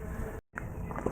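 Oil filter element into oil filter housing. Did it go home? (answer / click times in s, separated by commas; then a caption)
no / none. A paper oil filter element for a Porsche 911 (997) is being handled and pushed toward its plastic oil filter housing, with a few brief handling taps around 0.6, 0.9 and 1.1 seconds and a short silent gap near 0.45 seconds. The element has not snapped or clicked into the housing yet when the clip ends.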